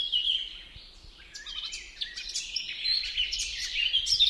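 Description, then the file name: Eurasian blackcap giving a dense, twittering warble with quick, jumbled notes that grow louder near the end. "Sylvia atricapilla"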